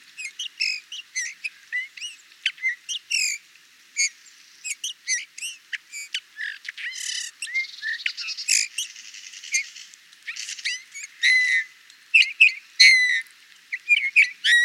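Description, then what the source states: Eurasian bullfinch giving short whistled and chirped notes in uneven bursts, interspersed with a brief buzzy, creaky stretch midway. Burgundy, France.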